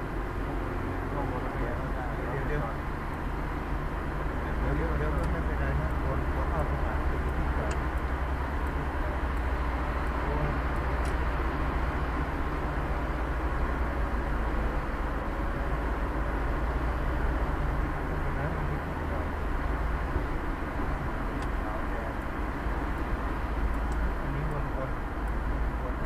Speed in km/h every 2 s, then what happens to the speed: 0, 4, 0, 3, 0, 4, 4, 5, 5, 8, 10, 12, 11.
0-7 steady at about 0. 7-9 standing. 9-21 pulls away to 12.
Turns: none.